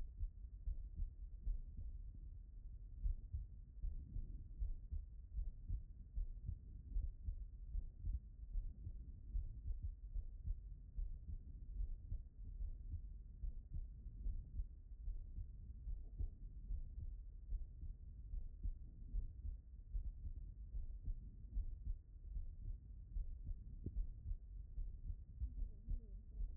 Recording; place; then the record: heart sounds by stethoscope; pulmonary valve (PV)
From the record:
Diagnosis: non-HFrEF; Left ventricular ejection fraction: 65%